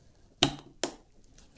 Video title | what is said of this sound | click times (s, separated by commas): How To Build a Gaming PC 2016 | and that's it clicked into place as well | 0.4 s, 0.8 s